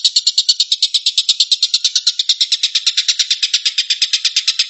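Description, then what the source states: Stork-billed kingfisher delivering an unbroken series of quick, raspy notes, evenly spaced and rapid, with no other sounds. Rapid "shooting" call, locally called tembakan.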